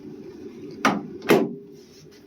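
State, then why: Seated. After twisting the part to the right to make it flush, a cable end is pushed into its mount on the chassis of an EG hatch K-series build. It clicks home with a sharp hit at 0.9 s, followed by a softer knock at 1.3 s, and the fitting is seated.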